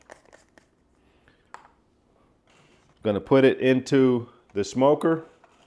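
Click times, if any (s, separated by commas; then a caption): none. A magnetic wood-chip screen insert loaded with wood chips is handled before being put into the top of an Aumpkin whiskey smoker kit's cocktail smoker, with faint light ticks and rustles in the first 1.6 s. Someone then talks. Nothing has seated or clicked yet.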